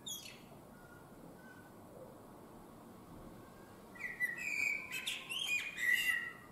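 Common blackbird song: faint high notes, a quiet stretch, then a rich fluted warble mixed with thin, high notes.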